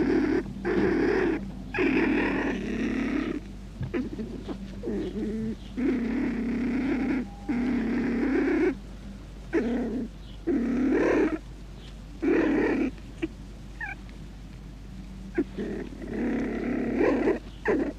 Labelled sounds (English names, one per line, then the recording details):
Beech Marten call
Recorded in captivity
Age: juvenile
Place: Klein-Neundorf, Lausitz, Sachsen, DE
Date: 1962-05-21
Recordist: Meyer, Hugo